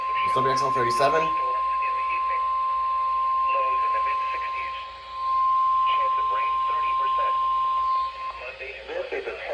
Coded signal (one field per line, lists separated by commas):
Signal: Emergency Alert System (SAME) tones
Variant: 1050 Hz attention tone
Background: speech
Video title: 6/24/20 Required Weekly Tests (EAS 2742-2749)